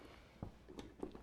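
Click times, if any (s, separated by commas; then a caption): none. A stock CPU cooler is pressed down onto a motherboard, its plastic push pins being pushed into the mounting holes in opposite corners. A few faint, soft handling knocks and taps are heard against a quiet background, the sharpest a brief tap near 1.0 s. Nothing has seated or clicked into place yet.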